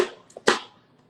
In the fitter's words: and then just lock it into place okay and then we put it into the machine